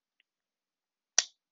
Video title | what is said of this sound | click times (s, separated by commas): IPEVO Mirror Cam | ah did you hear the click yeah it's good clicking noise | 1.2 s